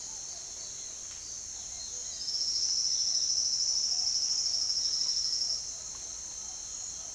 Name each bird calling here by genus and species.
none